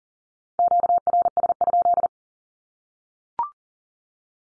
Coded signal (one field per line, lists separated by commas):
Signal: Morse code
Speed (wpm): 40 wpm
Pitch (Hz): 700 Hz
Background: none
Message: QRS?